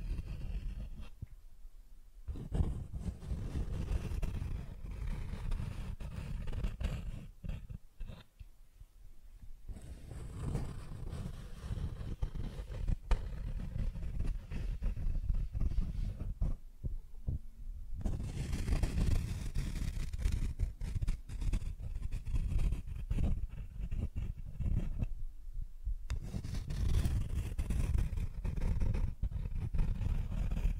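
Cardboard is scratched and scraped in dense, gritty bursts for the whole 31 seconds, with brief near-silent pauses around 2, 8, 17 and 25 seconds.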